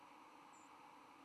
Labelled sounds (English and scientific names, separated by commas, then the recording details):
White-throated Sparrow (Zonotrichia albicollis) flight call
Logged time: 08:01 on 10 November 2014